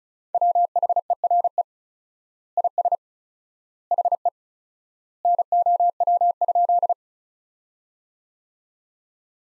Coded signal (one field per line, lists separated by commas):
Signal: Morse code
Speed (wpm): 36 wpm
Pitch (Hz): 700 Hz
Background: none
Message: WHERE IS HE NOW?